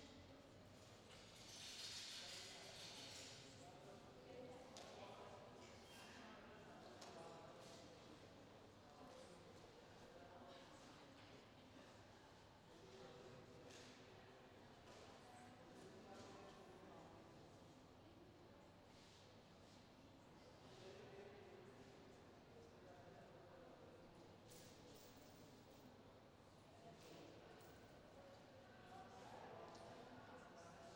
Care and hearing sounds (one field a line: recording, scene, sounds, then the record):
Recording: everyday scene through a hearing-aid microphone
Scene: reverberant space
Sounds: background noise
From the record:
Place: railway station hall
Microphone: in the ear canal, left